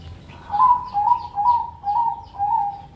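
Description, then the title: Pigeon giving five evenly spaced, mid-pitched cooing notes, each slightly wavering, about two per second, over a quiet low background hum. "Canto Da Pomba"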